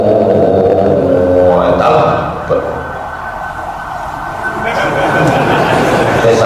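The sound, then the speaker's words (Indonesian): A car alarm blares throughout, a sustained electronic tone with brief pitch sweeps, while someone talks loudly over it. “Suara saya terlalu keras, hidup alarm mobil.”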